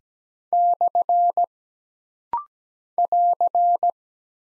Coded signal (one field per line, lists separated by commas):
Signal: Morse code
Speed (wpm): 17 wpm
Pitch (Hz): 700 Hz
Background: none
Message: / <AR>